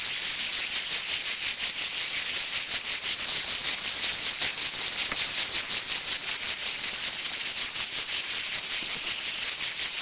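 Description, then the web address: Shrill cicada buzzing, steady and intense, with quick pulsations running throughout. "son cigales"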